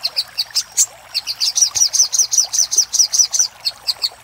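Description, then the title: Little spiderhunter song: a fast series of sharp high chirps, about two or three per second. Master recording for training cage birds; labelled labaik. "Masteran Burung Sogok Ontong Labaik"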